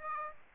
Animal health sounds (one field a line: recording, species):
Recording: mosquito wingbeat signal from an infrared sensor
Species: Aedes aegypti